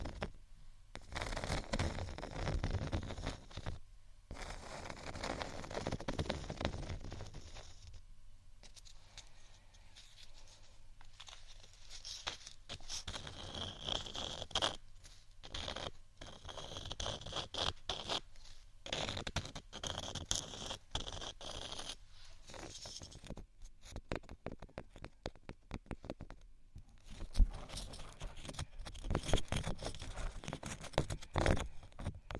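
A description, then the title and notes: Scratching and tapping on textured surfaces, dense and rough early, then sparser quick taps and scrapes with brief silent gaps, bright and crisp throughout. Scratch & Tap On Textured Items & Beat.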